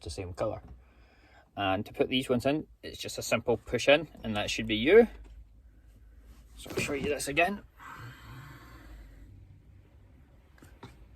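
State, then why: Not seated. Someone talks while the interior dome light unit of a Suzuki Swift Sport ZC32S is held and lined up with its opening in the roof lining, ready to be pushed home. Only small handling sounds are heard, with faint taps near the end. Nothing has seated or clicked yet.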